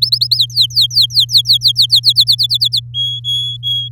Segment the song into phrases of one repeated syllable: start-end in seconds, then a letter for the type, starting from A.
0.02-0.36 A, 0.37-2.00 B, 2.03-2.80 C, 2.94-3.88 D